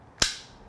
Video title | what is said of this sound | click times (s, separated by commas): How To Operate the Safety Release System on the Slingshot Sentry Control Bar | hear that satisfying click and now you're good | 0.2 s